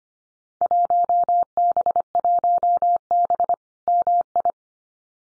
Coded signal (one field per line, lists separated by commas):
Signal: Morse code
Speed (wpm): 25 wpm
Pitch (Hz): 700 Hz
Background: none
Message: 1B1B MI